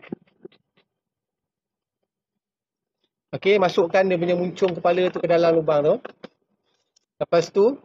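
A headlamp bulb on a Perodua Axia is brought back to the hole under the headlamp housing and lined up before being inserted and twisted home. A few faint handling ticks come near the start, then someone talks. Nothing has seated or clicked yet.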